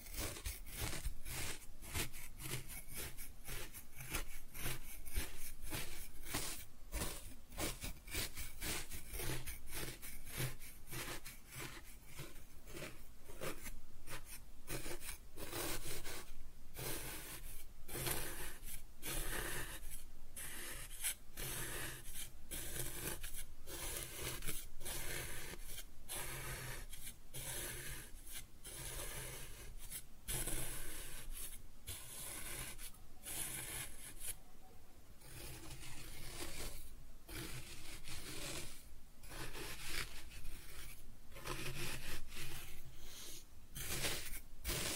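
Kinetic sand being cut and scooped makes a dense, gritty rasping and rubbing that runs through the whole recording. Strokes are broken by frequent short pauses, closely packed at first and slightly more spaced later, over a steady low murmur.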